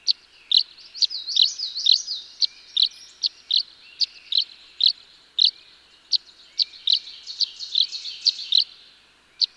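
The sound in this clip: Tree swallow chirps, brisk and high, repeated at uneven intervals, interspersed with short liquid gurgled phrases.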